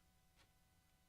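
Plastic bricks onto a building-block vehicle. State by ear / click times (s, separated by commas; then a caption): not seated / none. Small plastic bricks are handled against a building-block vehicle, giving a faint brief tick near 0.4 s over a low steady hum. The parts are still being handled; nothing has seated or clicked yet.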